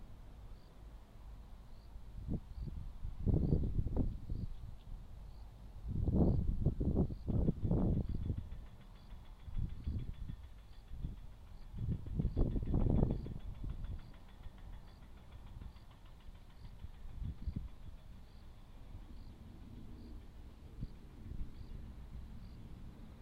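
Machinery noise: distant road construction, someone running a tiller, and a grass trimmer. Low, rumbling bursts of engine sound rise and fall in clusters around 2–4, 6–8 and 12–13 seconds, then settle into a quieter steady drone. A faint, regular high ticking runs throughout.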